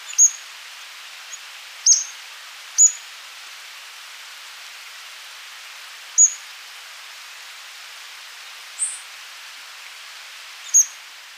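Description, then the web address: Tyrannulet: six sharp, high, thin notes spaced irregularly against a quiet hiss. Recorded in Ecuador. "Birds of Ecuador Tyrannulet"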